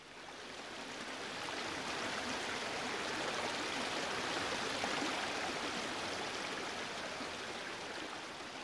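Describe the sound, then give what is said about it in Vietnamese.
Heavy rain pours down in a dense, steady hiss, a continuous roar of countless drops that swells in over the first second and holds without pause. No voices are heard. “Mưa to quá, thật là rào rào rạt rạt, mịt mịt mờ mờ.”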